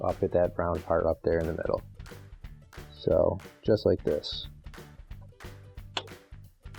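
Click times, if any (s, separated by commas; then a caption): 6.0 s. Someone talks over background music while a new speed bake indicator light (part 316022500, AP2124115, PS436960) for a Frigidaire oven is pushed by its V-shaped side into the control panel opening, with its brown part fitted in the middle. One strong, sharp click stands out at 6.0 s as the light lens locks into place and the light is seated.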